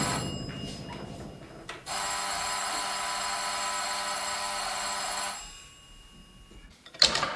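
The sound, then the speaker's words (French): A telephone at the airport police in Zod rings in one long, continuous metallic trill for about three seconds, bright and steady, then stops. A low rumble comes before it and a sharp click follows. “Allô? Ici police de l'aéroport. J'écoute.”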